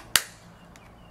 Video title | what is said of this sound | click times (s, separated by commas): Video Review #50: Proporta Alu-Crystal Case | those snaps onto the top and now it snaps on the top right here which | 0.2 s